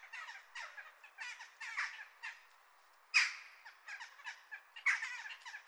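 Jackdaw calls: a steady stream of short, harsh chattering notes, a brief lull, then louder sharp chak calls standing out among the chatter.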